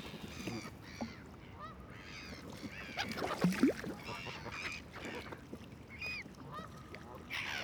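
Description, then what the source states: Canada goose honking in short nasal bursts, with other birds calling. Canada geese gathering at a lake edge for bread; first sunrise of 2021, about 8 am, damp cool morning, Lac Daumesnil, Bois de Vincennes, Paris, 1 January 2021; Nagra Seven recorder, MKH40 cardioid microphones.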